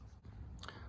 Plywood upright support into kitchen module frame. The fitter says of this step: the upright pops into place